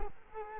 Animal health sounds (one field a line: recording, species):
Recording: mosquito wingbeat signal from an infrared sensor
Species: Culex quinquefasciatus